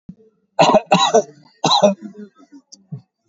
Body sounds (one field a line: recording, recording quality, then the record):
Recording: shallow voluntary cough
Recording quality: moderate, slight background noise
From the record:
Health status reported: recovered from COVID-19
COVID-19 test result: positive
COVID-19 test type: RT-PCR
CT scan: taken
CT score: 12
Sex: male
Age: 38 years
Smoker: no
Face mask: not worn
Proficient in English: yes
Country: India